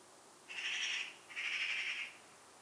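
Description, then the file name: Eurasian magpie calls: two harsh, rasping notes separated by a short pause. "Pica pica"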